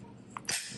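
The plastic back cover over the hidden card compartment of a rugged, heavy-duty wallet case with kickstand for a Samsung Galaxy S26 Ultra is pressed closed. A small sharp click comes at 0.4 s, then a louder, longer snap at 0.5 s. The cover snaps shut and locks into place.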